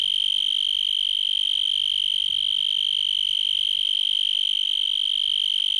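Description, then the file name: Insect trill, one level piercing high-pitched note held without a break. "insetti insect"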